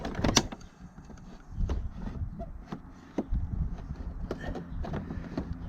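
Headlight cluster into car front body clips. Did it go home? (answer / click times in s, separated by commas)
yes / 0.2 s, 0.4 s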